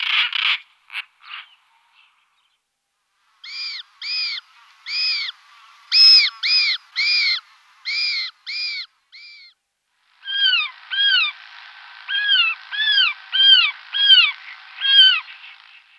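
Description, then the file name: European roller calls: a few harsh clipped notes at first, then series of ringing, arched, strongly harmonic call notes in uneven bursts, with short pauses between. "Mandelik hajni Coracias garrulus"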